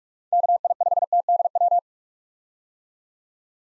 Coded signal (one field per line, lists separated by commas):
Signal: Morse code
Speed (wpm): 46 wpm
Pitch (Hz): 700 Hz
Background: none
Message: KI5TDW